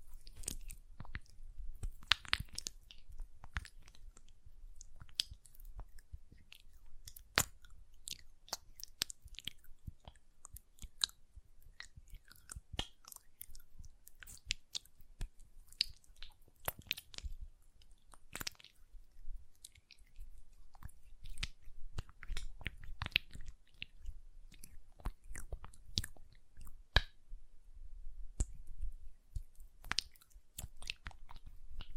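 Hand sounds with nail tapping and moist lotion rubbing: a dense, irregular stream of sharp crisp clicks and wet crackles runs steadily through the whole stretch, with brief thinner pauses near 20 and 28 seconds. A soft low rumble sits underneath.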